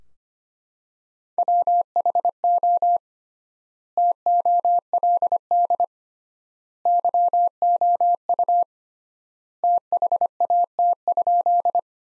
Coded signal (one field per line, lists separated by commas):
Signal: Morse code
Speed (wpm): 25 wpm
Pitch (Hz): 700 Hz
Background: none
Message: WHO TOLD YOU THAT?